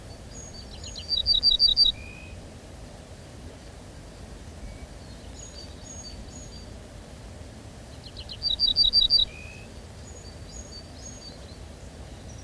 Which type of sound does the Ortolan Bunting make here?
song